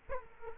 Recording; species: mosquito wingbeat signal from an infrared sensor; Culex quinquefasciatus